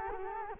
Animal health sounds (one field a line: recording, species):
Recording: mosquito wingbeat signal from an infrared sensor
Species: Culex quinquefasciatus